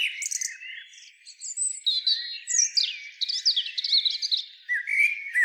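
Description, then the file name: Common blackbird song: a continuous mix of mellow warbled notes and squeaky high twitters, varied and unhurried throughout. "Turdus merula"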